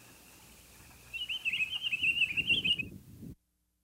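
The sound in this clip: Pine grosbeak calls: a rapid, warbling run of high notes lasting under two seconds, wavering up and down in pitch, over a low rumbling background that cuts off abruptly.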